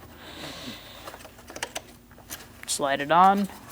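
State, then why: Not seated. A plastic electrical connector near the air box of a 2000-2006 Mini Cooper 1.6L L4, during a MAP sensor replacement, is being slid on by hand, with faint handling ticks around 1.6 to 1.8 seconds. Near the end, someone talks. Nothing has seated or clicked yet; the clip ends before the connector goes home.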